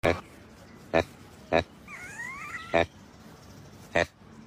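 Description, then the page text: Proboscis monkey grunting: short harsh grunts at uneven intervals, with a pair of thin rising whistled chirps in the middle and a low steady background hiss. "Proboscis Monkey Amazing Video.#Chimelong"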